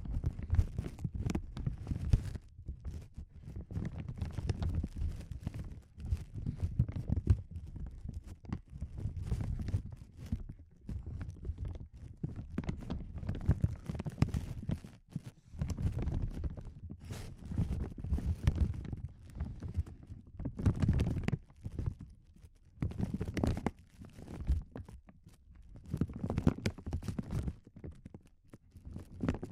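Crinkling goes on almost without pause for the whole stretch, coming in dense, irregular bursts of crackle with short lulls between them. The sound sits mostly low and full, with sharper bright snaps flicking through now and then, busiest around the middle and near the end.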